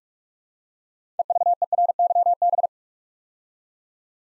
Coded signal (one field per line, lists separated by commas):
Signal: Morse code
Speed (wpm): 44 wpm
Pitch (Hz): 700 Hz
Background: none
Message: EVERYB